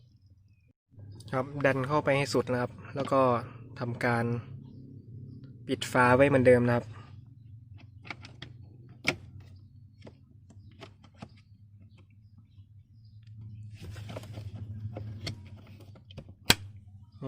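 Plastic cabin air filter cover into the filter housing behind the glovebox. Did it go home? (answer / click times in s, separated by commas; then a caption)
yes / 9.1 s, 16.5 s. A plastic cabin air filter cover is pressed back onto its filter housing behind the glovebox after the new cabin air filter has been pushed fully in. Someone talks over low background noise, and there are a few small knocks. Two sharp clicks at 9.1 s and 16.5 s mark the two latches locking the cover closed.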